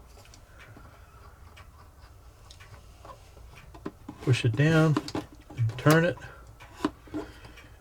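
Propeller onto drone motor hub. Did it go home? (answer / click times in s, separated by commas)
yes / 6.9 s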